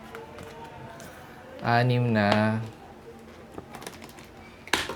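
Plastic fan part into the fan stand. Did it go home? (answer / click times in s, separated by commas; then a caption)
yes / 4.7 s. A plastic part of a clip fan is fitted into its stand and locks in with a loud snap at 4.7 seconds, confirming it has seated. Someone talks, and small taps and clicks are heard as the part is handled.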